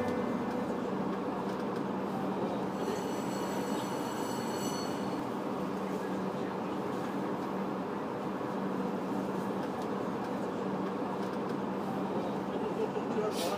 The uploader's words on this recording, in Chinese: 地下铁。杂音-北京地铁2号线-长椿街路段。